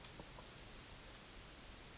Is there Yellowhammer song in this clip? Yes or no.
no